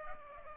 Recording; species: mosquito wingbeat signal from an infrared sensor; Culex pipiens